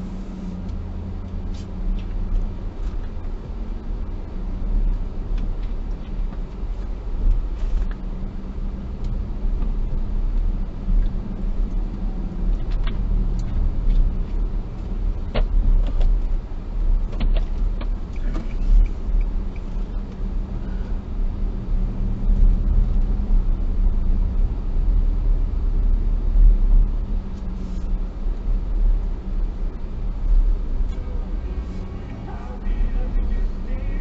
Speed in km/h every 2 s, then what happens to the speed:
20, 22, 23, 22, 20, 22, 22, 31, 30, 27, 24, 30, 33, 30, 26, 23, 24.
0-9 steady at about 22. 9-14 speeds up to 31. 14-20 slows to 24. 20-23 speeds up to 33. 23-34 slows to 24.